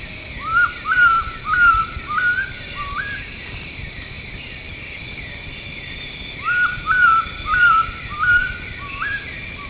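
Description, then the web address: Bird song: clear whistled upslurred notes given in a quick series of five or six, a pause, then a second series, over a steady high insect-like hum. Tropical Asia. "Birdsongs Site Tropical Asia"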